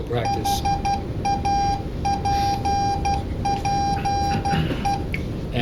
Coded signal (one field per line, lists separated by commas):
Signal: Morse code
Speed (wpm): 12 wpm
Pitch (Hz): 800 Hz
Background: speech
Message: HAPPE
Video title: CW (continuous wave ) morse code demo at Kings County Radio Club.